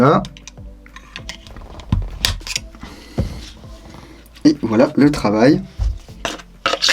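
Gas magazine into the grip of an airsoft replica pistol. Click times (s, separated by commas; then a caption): 6.7 s. A gas magazine is pushed into the grip of an Umarex/VFC Glock 45 GBB airsoft replica pistol while someone talks and music plays. Scattered handling clicks lead up to a sharp click at 6.7 s as the catch locks the magazine in. The magazine is seated, engages well and stays locked.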